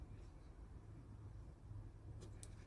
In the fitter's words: as it as it rotates it pushes the plug all the way in and then just clips and locks in place